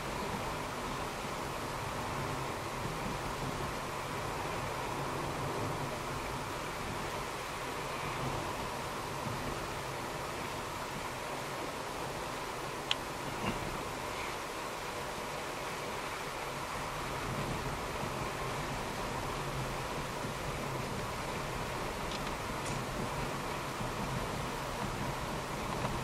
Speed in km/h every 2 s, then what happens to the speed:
50, 50, 49, 49, 49, 50, 50, 50, 50, 50, 50, 49, 50.
0-26 steady at about 50.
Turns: none.